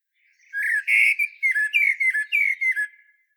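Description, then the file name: Common blackbird singing a quick, uneven run of warbled whistled notes. "Turdus merula"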